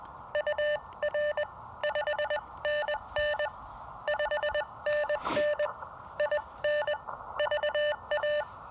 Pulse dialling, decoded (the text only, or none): none